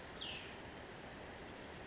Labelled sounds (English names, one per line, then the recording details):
Cassin's Vireo
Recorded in Sonoma County, California